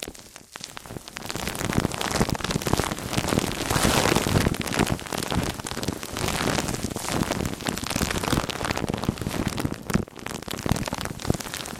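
Microphone rubbed against microphone makes a dense, crackling, scratchy rustle that sounds much like heavy rain. Tiny clicks and scrapes pile up quickly and unevenly from low thumps to bright hiss, with a brief dip near the start and another around ten seconds.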